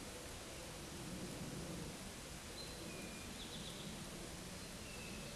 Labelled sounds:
Eastern Towhee (Pipilo erythrophthalmus) song

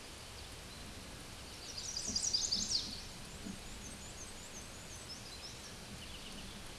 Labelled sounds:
Black-and-white Warbler (Mniotilta varia) song

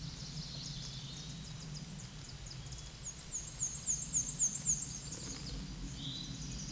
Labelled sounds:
Black-and-white Warbler (Mniotilta varia) song

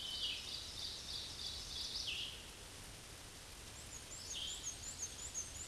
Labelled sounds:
Black-and-white Warbler (Mniotilta varia) song

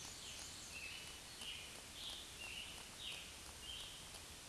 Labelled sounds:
Scarlet Tanager (Piranga olivacea) song

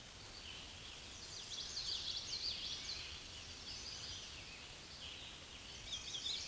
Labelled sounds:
Scarlet Tanager (Piranga olivacea) song

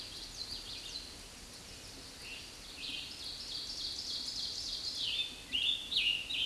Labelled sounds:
Scarlet Tanager (Piranga olivacea) song

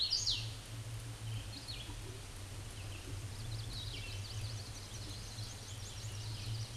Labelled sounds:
Hooded Warbler (Setophaga citrina) song

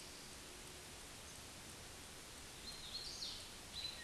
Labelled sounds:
Hooded Warbler (Setophaga citrina) song

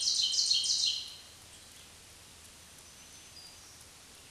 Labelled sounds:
Black-throated Green Warbler (Setophaga virens) song

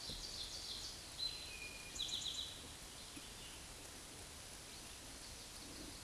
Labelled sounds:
Eastern Towhee (Pipilo erythrophthalmus) song

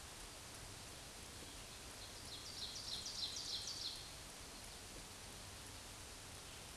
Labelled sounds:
Ovenbird (Seiurus aurocapilla) song

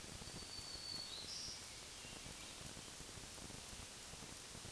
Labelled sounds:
Black-throated Green Warbler (Setophaga virens) song

